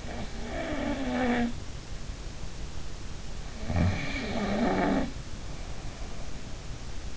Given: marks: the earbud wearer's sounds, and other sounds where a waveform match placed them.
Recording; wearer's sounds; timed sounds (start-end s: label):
sounds in sleep by an in-ear microphone; snoring breath
0.00-1.51 s: snoring breath
3.62-6.55 s: snoring breath